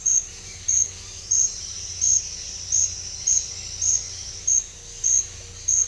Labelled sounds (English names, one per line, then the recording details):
none
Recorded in secondary vegetation near Puerto Asís, Putumayo, Colombia, on 21 December 2024 at 09:00
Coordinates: 0.498, -76.327
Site GP07